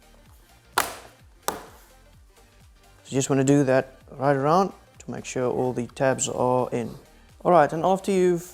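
Pressing around the edge of a plastic laptop back panel pushes its tabs into the chassis, giving two sharp snaps at 0.8 s and 1.5 s. Then someone talks from about 3 s onward. The tabs are snapped in and the panel is seated.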